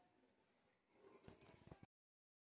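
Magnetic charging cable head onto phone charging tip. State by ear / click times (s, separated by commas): seated / 1.4 s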